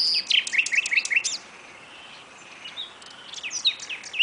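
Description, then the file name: Common nightingale song opening with a rapid string of sharp repeated notes for just over a second, then a pause and scattered chirps. "Luscinia megarhynchos"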